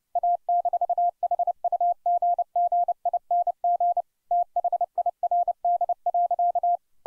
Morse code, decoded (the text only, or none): A-HUGGING THIRD.